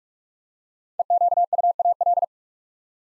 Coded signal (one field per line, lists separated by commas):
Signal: Morse code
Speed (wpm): 44 wpm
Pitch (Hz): 700 Hz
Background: none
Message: EQUAL